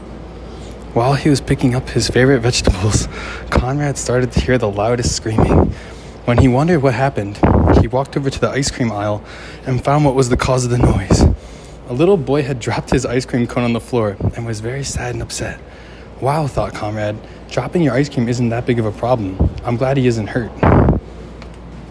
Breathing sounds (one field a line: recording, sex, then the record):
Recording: reading aloud after running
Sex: male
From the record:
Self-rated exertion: moderate exertion (3 of 6)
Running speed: 8 miles an hour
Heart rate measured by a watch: 161 beats a minute at the start, 160 at the end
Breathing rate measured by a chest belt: 24 breaths a minute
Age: 27 years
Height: 188 cm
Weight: 79 kg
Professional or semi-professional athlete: no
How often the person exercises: 3 to 5 times a week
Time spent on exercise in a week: 3 to 4 hours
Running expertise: yes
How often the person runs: 1 to 2 times a week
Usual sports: running, tennis, rock climbing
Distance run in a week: 10 km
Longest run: 42 km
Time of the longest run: 220 minutes